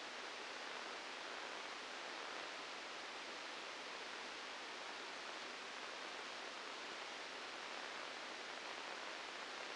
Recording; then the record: brain microelectrode recording played as sound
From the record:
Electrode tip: inside the subthalamic nucleus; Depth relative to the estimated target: 1 mm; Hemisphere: right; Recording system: NeuroSet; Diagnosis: Parkinson's disease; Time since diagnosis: 8 years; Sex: male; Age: 59 years